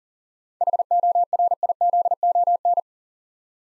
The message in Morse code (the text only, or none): HORIZON